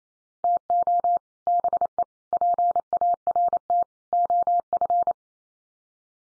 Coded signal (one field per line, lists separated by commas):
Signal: Morse code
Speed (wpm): 28 wpm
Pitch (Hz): 700 Hz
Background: none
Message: TO BE PART OF